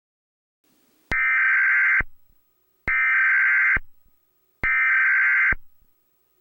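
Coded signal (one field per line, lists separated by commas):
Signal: Emergency Alert System (SAME) tones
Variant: header bursts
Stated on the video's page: Fictional EAS scenario, simulated.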